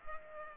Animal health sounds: mosquito wingbeat signal from an infrared sensor; Culex pipiens

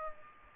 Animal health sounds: mosquito wingbeat signal from an infrared sensor; Aedes aegypti

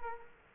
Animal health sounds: mosquito wingbeat signal from an infrared sensor; Culex quinquefasciatus

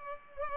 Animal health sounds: mosquito wingbeat signal from an infrared sensor; Culex pipiens

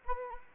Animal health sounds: mosquito wingbeat signal from an infrared sensor; Anopheles arabiensis

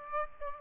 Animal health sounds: mosquito wingbeat signal from an infrared sensor; Aedes aegypti

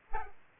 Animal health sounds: mosquito wingbeat signal from an infrared sensor; Culex pipiens

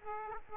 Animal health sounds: mosquito wingbeat signal from an infrared sensor; Aedes aegypti

